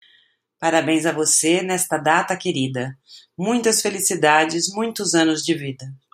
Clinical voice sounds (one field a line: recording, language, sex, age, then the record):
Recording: short text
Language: Brazilian Portuguese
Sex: female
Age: 50 to 59 years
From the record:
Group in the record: control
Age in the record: 54 years